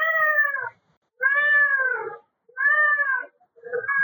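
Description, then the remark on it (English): A cat meows angrily in a series of four loud, drawn-out, strained cries, each under a second long with short pauses between, the last one cut off. No one speaks. “That cat is pissed off.”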